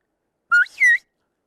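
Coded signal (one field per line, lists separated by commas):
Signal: whistled language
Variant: Turkish Kuş dili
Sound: two quick clear whistled syllables, first rising low, second falling from higher pitch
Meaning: The whistled word means wood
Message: Odun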